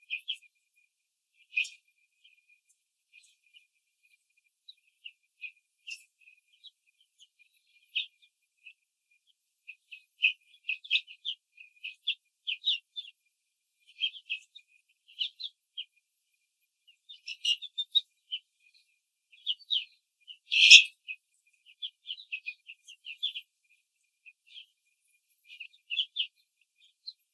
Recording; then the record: young laying hens in a cage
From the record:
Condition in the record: control cage, after the stress test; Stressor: none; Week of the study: 4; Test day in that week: 3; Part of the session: 2